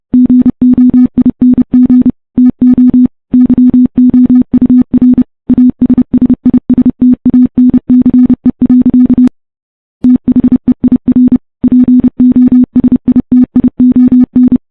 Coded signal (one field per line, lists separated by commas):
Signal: Morse code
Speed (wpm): 30 wpm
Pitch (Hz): 250 Hz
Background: none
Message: GOING TO YOUR ASSISTANCE. THEIR POSITION